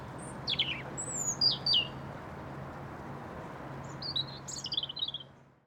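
European robin song, fainter: a few thin whistled slides early, then a rapid twittering phrase near the end, with a constant low hum underneath.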